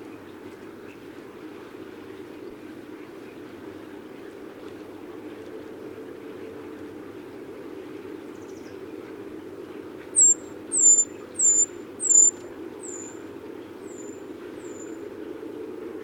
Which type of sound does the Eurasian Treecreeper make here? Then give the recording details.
call. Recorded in the wild. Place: Blumenholz, Insel Rügen, Mecklenburg-Vorpommern, DE. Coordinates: 53.455, 13.186. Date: 1980-03-08 08:23. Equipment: Nagra III BH, Sennheiser MD 21, parabola. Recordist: Schubert, Michael